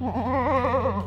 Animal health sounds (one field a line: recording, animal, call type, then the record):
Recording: contact call of a hoofed animal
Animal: goat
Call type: low-frequency (closed-mouth) or high-frequency (open-mouth) call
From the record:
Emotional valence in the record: negative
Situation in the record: short social isolation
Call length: 1.07 s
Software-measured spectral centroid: 1140 Hz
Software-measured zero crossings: 1270 a second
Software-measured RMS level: -24 dBFS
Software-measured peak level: -13 dBFS